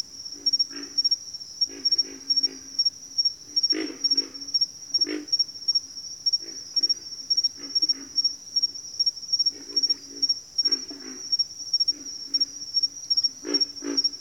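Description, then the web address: Pig frogs giving deep, rough grunts in short bursts, often doubled or tripled, repeated irregularly throughout over a steady high-pitched insect drone. "Sounds of Nature Collection. Pig Frogs"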